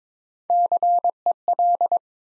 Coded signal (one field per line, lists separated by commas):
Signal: Morse code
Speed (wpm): 22 wpm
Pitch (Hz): 700 Hz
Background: none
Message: CEL